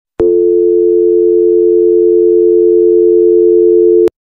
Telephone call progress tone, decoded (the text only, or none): dial tone